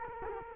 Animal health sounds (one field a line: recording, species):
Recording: mosquito wingbeat signal from an infrared sensor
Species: Culex quinquefasciatus